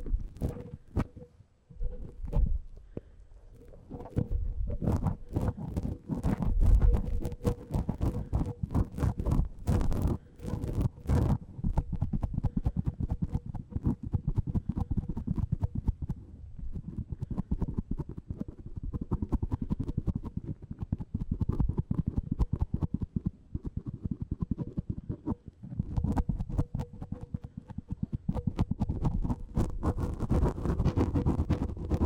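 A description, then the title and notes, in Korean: A tip brush swishes back and forth across a microphone, producing dense, rapid scratchy strokes with a heavy low rumble underneath. After a quieter opening couple of seconds, the brushing runs nearly continuous to the end, with a faint steady hum persisting in the background. 마이크를 팁브러시로 슥슥 ASMR (feat. 라텍스장갑, no talking).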